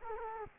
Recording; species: mosquito wingbeat signal from an infrared sensor; Culex quinquefasciatus